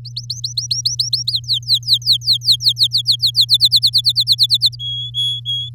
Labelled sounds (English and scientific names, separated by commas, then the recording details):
Domestic Canary (Serinus canaria) song
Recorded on 7 May 2018 at 14:55
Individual llb16